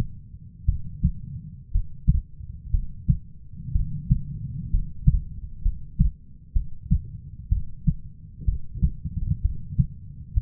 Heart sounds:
heart sounds by stethoscope; 62 bpm
0.65 s: heartbeat
1.71 s: heartbeat
2.71 s: heartbeat
3.72 s: heartbeat
4.70 s: heartbeat
5.62 s: heartbeat
6.53 s: heartbeat
7.49 s: heartbeat
8.45 s: heartbeat
9.41 s: heartbeat
10.34 s: heartbeat
From the record:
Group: healthy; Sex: female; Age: 37 years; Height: 168 cm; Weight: 70 kg

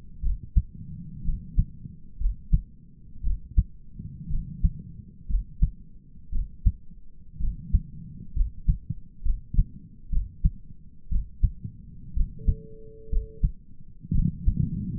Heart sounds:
heart sounds by stethoscope; 60 bpm
0.24 s: heartbeat
1.25 s: heartbeat
2.21 s: heartbeat
3.24 s: heartbeat
4.31 s: heartbeat
5.30 s: heartbeat
6.33 s: heartbeat
7.41 s: heartbeat
8.36 s: heartbeat
9.25 s: heartbeat
10.12 s: heartbeat
11.11 s: heartbeat
12.16 s: heartbeat
13.12 s: heartbeat
14.15 s: heartbeat
From the record:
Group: healthy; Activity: rest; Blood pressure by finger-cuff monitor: 113/68 mmHg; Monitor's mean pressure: 84 mmHg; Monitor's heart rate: 60 bpm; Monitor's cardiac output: 5.7 L/min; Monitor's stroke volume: 95 mL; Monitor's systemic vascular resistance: 1060 dyn s/cm5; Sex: male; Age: 22 years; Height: 181 cm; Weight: 79 kg

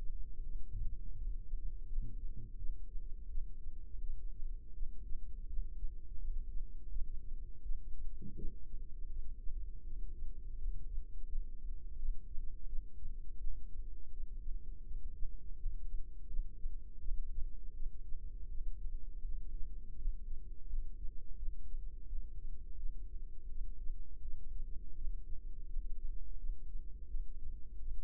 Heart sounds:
heart sounds by microphone in the right ear; 83 bpm
0.43 s: heartbeat
1.16 s: heartbeat
1.87 s: heartbeat
2.58 s: heartbeat
3.29 s: heartbeat
4.01 s: heartbeat
4.74 s: heartbeat
5.47 s: heartbeat
6.19 s: heartbeat
6.90 s: heartbeat
7.63 s: heartbeat
8.36 s: heartbeat
9.10 s: heartbeat
9.84 s: heartbeat
10.57 s: heartbeat
11.27 s: heartbeat
11.97 s: heartbeat
12.67 s: heartbeat
13.38 s: heartbeat
14.11 s: heartbeat
14.85 s: heartbeat
15.57 s: heartbeat
16.28 s: heartbeat
17.00 s: heartbeat
17.74 s: heartbeat
18.49 s: heartbeat
19.23 s: heartbeat
19.96 s: heartbeat
20.67 s: heartbeat
21.37 s: heartbeat
22.07 s: heartbeat
22.77 s: heartbeat
23.49 s: heartbeat
24.22 s: heartbeat
24.96 s: heartbeat
25.68 s: heartbeat
26.38 s: heartbeat
27.08 s: heartbeat
27.80 s: heartbeat
From the record:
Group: healthy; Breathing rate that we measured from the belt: 12 breaths a minute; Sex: female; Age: 51 years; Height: 162 cm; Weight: 70.04 kg

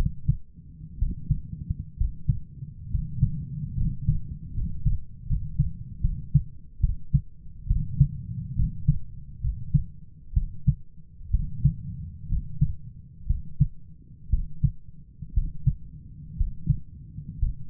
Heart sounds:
heart sounds by stethoscope; 66 bpm
0.98 s: heartbeat
1.96 s: heartbeat
2.90 s: heartbeat
3.76 s: heartbeat
4.53 s: heartbeat
5.26 s: heartbeat
6.00 s: heartbeat
6.80 s: heartbeat
7.67 s: heartbeat
8.55 s: heartbeat
9.40 s: heartbeat
10.33 s: heartbeat
11.30 s: heartbeat
12.28 s: heartbeat
13.26 s: heartbeat
14.30 s: heartbeat
15.33 s: heartbeat
16.37 s: heartbeat
17.38 s: heartbeat
From the record:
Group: healthy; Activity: rest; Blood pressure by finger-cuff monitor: 132/79 mmHg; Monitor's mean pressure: 93 mmHg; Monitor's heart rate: 63 bpm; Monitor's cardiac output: 7 L/min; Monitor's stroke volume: 109 mL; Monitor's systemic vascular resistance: 1000 dyn s/cm5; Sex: male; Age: 23 years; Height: 178 cm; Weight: 96.6 kg

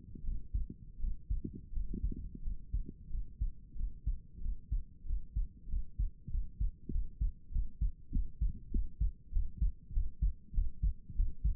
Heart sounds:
heart sounds by stethoscope; 93 bpm
0.22 s: heartbeat
0.98 s: heartbeat
1.71 s: heartbeat
2.41 s: heartbeat
3.09 s: heartbeat
3.74 s: heartbeat
4.40 s: heartbeat
5.04 s: heartbeat
5.67 s: heartbeat
6.29 s: heartbeat
6.90 s: heartbeat
7.50 s: heartbeat
8.11 s: heartbeat
8.70 s: heartbeat
9.31 s: heartbeat
9.92 s: heartbeat
10.53 s: heartbeat
11.15 s: heartbeat
From the record:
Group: healthy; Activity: Valsalva maneuver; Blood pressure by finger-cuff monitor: 118/78 mmHg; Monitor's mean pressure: 90 mmHg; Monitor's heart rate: 98 bpm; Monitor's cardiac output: 6.6 L/min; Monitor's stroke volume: 67 mL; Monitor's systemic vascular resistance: 930 dyn s/cm5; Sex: female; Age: 22 years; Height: 154 cm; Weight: 58.7 kg

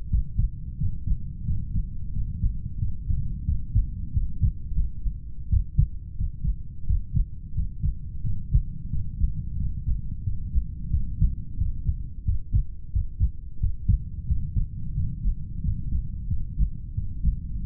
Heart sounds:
heart sounds by stethoscope; 89 bpm
0.09 s: heartbeat
0.76 s: heartbeat
1.44 s: heartbeat
2.11 s: heartbeat
2.78 s: heartbeat
3.44 s: heartbeat
4.12 s: heartbeat
4.73 s: heartbeat
5.48 s: heartbeat
6.15 s: heartbeat
6.85 s: heartbeat
7.53 s: heartbeat
8.22 s: heartbeat
8.89 s: heartbeat
9.56 s: heartbeat
10.22 s: heartbeat
10.89 s: heartbeat
11.56 s: heartbeat
12.23 s: heartbeat
12.91 s: heartbeat
13.59 s: heartbeat
14.26 s: heartbeat
14.93 s: heartbeat
15.60 s: heartbeat
16.26 s: heartbeat
16.93 s: heartbeat
17.61 s: heartbeat
From the record:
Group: heart failure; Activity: rest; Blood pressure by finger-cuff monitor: 71/48 mmHg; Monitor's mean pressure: 54 mmHg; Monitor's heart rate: 88 bpm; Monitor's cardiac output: 6.8 L/min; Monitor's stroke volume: 77 mL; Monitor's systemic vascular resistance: 530 dyn s/cm5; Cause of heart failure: idiopathic cardiomyopathy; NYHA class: 2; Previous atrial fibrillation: present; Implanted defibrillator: present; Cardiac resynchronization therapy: present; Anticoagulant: warfarin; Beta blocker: metoprolol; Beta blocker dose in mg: 50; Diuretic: furosemide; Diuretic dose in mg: 40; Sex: male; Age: 62 years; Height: 184 cm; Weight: 101 kg

